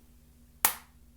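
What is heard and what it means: Pressing along the screen-to-back-panel seam of a Dragon Touch X10 tablet snaps another plastic retaining tab of the screen into the back panel. A single sharp, bright snap at 0.7 s rings out briefly over a faint steady low hum, and the tab is seated.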